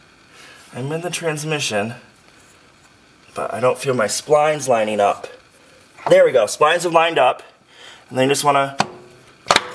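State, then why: Seated. Someone talks while pushing the steel splined end of a front driver-side CV axle shaft on a 2002-2006 Honda CR-V into the transmission differential once the splines line up. A sharp double click at 9.5 s and 9.6 s marks the shaft seating, as it goes in further.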